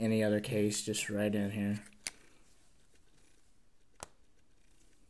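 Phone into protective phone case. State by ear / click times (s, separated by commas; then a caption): seated / 2.1 s, 4.0 s. Someone talks as a phone is pressed into a protective phone case. Sharp snaps at 2.1 s and 4.0 s are the case edges snapping over the phone, and the case sits on nicely.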